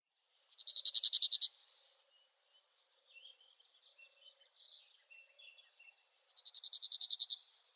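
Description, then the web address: Yellowhammer song: a fast high trill of repeated notes followed by a long drawn-out final note, given twice, with quiet background. "Schulze Peter Yellowhammer song"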